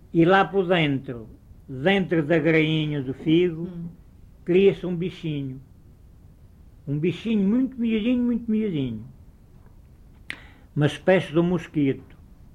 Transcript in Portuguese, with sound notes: E lá por dentro, dentro da graínha do figo,
Rhum.
cria-se um bichinho, [pausa] um bichinho muito miudinho, muito miudinho, uma espécie dum mosquito.